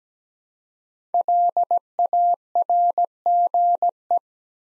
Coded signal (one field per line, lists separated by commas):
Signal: Morse code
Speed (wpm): 17 wpm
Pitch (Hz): 700 Hz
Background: none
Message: LARGE